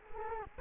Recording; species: mosquito wingbeat signal from an infrared sensor; Culex quinquefasciatus